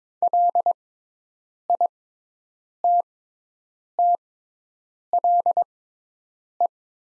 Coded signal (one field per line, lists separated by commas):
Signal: Morse code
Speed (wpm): 22 wpm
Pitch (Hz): 700 Hz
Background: none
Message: LITTLE